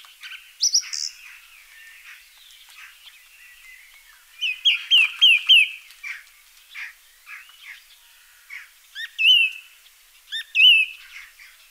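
Song thrush song of varied phrases, with a quick run of repeated sharp notes midway and a clear whistled phrase given twice near the end.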